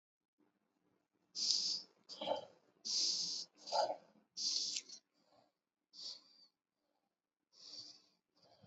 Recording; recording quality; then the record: shallow breathing; excellent, no background noise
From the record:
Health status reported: exposed to COVID-19, no respiratory illness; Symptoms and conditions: cold, sore throat, fatigue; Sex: male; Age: 27 years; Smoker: not ticked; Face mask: not worn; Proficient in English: yes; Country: India